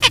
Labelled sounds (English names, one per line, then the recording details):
Zebra Finch tet call
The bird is a female
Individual fem8